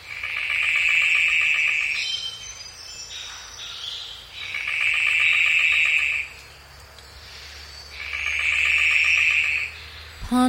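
Golden bowerbird calling in buzzy, rattling bursts of about two seconds, repeated three times with quiet gaps between.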